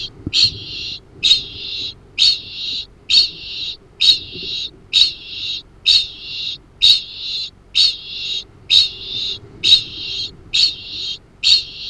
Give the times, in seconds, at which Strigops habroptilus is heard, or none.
0.00-11.89